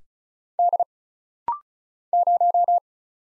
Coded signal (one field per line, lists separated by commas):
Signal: Morse code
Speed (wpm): 34 wpm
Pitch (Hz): 700 Hz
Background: none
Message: D 0